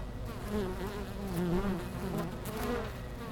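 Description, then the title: Honey bees buzzing, several wing tones rising and falling in pitch over a constant low hum. Bees returning to the hives as the sun leaves them, beginning of October, Langel, Cologne, Germany; many have white backs from Himalayan balsam flowers. "Langel, Köln, Deutschland - Bienen Anfang Oktober"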